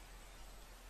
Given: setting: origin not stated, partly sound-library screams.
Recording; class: one-second piece from a danger detection set; normal situation